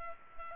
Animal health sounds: mosquito wingbeat signal from an infrared sensor; Culex pipiens

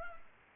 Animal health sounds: mosquito wingbeat signal from an infrared sensor; Culex pipiens

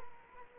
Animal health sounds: mosquito wingbeat signal from an infrared sensor; Culex quinquefasciatus

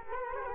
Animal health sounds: mosquito wingbeat signal from an infrared sensor; Culex quinquefasciatus

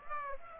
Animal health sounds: mosquito wingbeat signal from an infrared sensor; Aedes aegypti

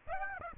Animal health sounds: mosquito wingbeat signal from an infrared sensor; Aedes aegypti

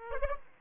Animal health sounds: mosquito wingbeat signal from an infrared sensor; Aedes aegypti

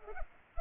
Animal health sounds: mosquito wingbeat signal from an infrared sensor; Culex pipiens

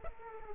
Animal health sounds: mosquito wingbeat signal from an infrared sensor; Aedes aegypti

